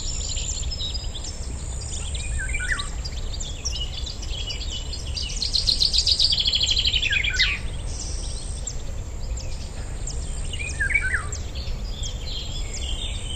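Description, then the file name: Common chaffinch song: a rattling series of notes stepping down in pitch and closing with a flourish midway through, with several other birds chirping around it and steady low background noise. "Fringilla coelebs"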